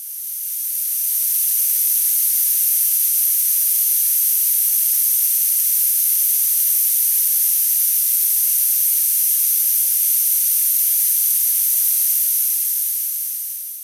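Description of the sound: Steady high-pitched hiss with ringing tones around 6, 9 and 12 kHz, simulating tinnitus.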